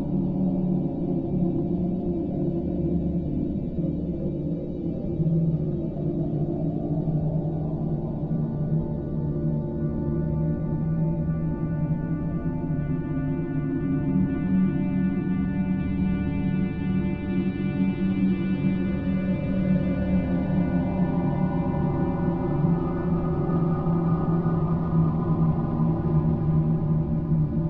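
A "Mars night" soundscape: a steady, dense drone of low tones with a gong-like ringing shimmer layered above. Around the middle a brighter band of overtones swells and slowly rises, then settles into a sustained hum that holds evenly to the end.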